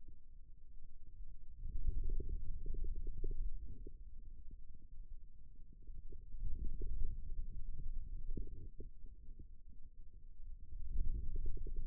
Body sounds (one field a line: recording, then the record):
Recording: forearm muscle sounds (acoustic myography)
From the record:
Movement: finger pinch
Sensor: system 2, bracelet of six BSWA MPA416 microphones around the upper forearm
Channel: 4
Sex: male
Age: 22 years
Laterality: right